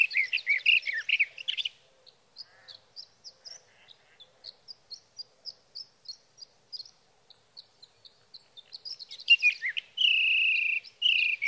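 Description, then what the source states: Sage thrasher song: loud burst of warbled, varied phrases, then a long run of soft, quick high notes, ending with strong warbling and a steady whistled tone. Male singing through the night near his night roost, three nights from the evening of June 12 to the morning of June 15, 2018, Sierra Valley, California; Swift recorder.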